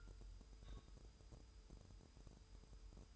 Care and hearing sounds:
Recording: daily activity, microphone in the room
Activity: take from stove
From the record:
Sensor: 2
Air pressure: 988.1 hPa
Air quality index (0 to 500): 191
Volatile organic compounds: 186 ppm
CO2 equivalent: 4165 ppm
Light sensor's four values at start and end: 21/71/28/26 and 21/71/28/26

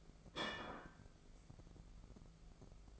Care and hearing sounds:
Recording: daily activity, microphone in the room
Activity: place plate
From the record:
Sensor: 5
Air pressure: 1015.1 hPa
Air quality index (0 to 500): 206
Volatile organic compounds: 10 ppm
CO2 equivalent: 2262 ppm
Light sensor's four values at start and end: 58/137/57/59 and 59/139/57/60

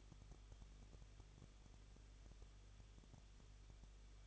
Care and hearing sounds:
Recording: daily activity, microphone in the room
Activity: no activity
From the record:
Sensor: 4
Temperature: 23.0 degrees Celsius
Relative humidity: 34.1%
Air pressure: 1007.4 hPa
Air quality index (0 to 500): 213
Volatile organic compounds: 14 ppm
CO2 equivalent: 2457 ppm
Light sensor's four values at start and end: 2/3/1/1 and 2/3/1/1

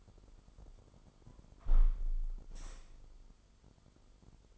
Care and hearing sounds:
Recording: daily activity, microphone in the room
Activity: close window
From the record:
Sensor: 5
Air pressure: 995.8 hPa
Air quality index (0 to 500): 102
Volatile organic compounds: 7 ppm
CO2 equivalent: 1954 ppm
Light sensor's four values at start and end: 40/97/39/41 and 40/97/39/41

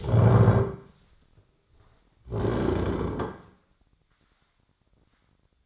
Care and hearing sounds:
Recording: daily activity, microphone in the room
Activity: stand up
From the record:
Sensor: 3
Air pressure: 1009.3 hPa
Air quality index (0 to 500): 182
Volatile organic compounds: 3 ppm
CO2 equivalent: 1476 ppm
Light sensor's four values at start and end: 41/106/46/46 and 35/92/41/41

